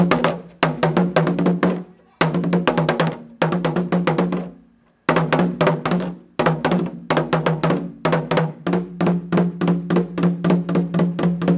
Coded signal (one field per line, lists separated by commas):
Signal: talking drum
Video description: Nana Kyeremateng Bafour demonstrates a language made of drumbeats that once carried messages through the rainforest.